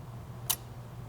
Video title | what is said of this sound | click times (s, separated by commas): GTF Ball Deflector and Tank Targets Reinforcement Bracket Installation | and once you hear the pop you know it's in we still have to reinforce it with the screws but for now the bracket is in place where it needs to be | 0.5 s